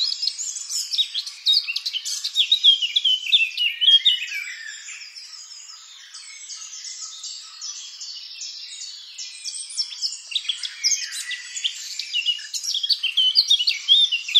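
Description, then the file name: Eurasian blackcap warbling, bright chattering phrases at the start, a quieter lull midway, then lively rapid twitters resuming strongly to the finish. "Sylvia atricapilla"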